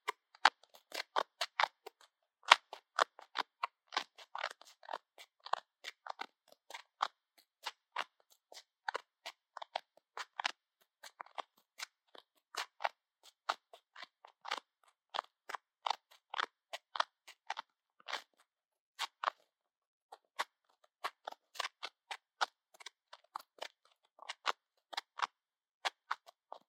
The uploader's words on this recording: 台灣ASMR | 掏穿你的耳朵 | 耳掃除 | Ear Cleaning | NO Talking.